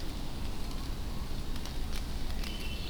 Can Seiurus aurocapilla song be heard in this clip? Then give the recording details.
no. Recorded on 24 June 2016 at 08:40. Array SBT-6-76